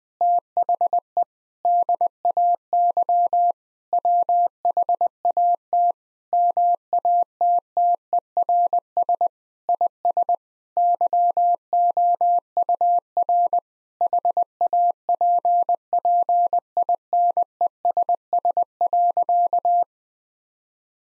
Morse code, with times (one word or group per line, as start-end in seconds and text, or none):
0.2-1.2 THE
1.6-3.5 DAY
3.9-5.9 WHAT
6.3-9.3 MATTERS
9.7-10.3 IS
10.8-13.6 YOUR
14.0-19.8 HAPPINESS.